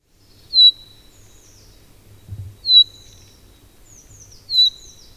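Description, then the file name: Common chaffinch giving short, sharp, downslurred high calls, repeated about every two seconds, with faint thin high notes between them and a low rumble underneath. "Fringilla coelebs"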